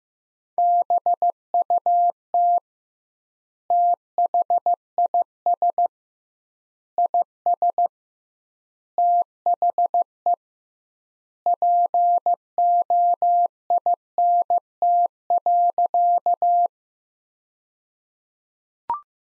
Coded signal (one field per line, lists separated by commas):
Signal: Morse code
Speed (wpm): 15 wpm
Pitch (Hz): 700 Hz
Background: none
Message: BUT THIS IS THE POINT.